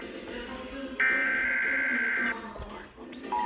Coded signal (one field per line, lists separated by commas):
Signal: Emergency Alert System (SAME) tones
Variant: header bursts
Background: speech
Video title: EAS #48 Required Monthly Test